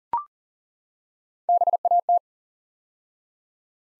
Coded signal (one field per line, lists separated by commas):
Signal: Morse code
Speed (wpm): 43 wpm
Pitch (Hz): 700 Hz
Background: none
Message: BAT